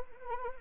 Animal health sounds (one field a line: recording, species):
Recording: mosquito wingbeat signal from an infrared sensor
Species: Anopheles arabiensis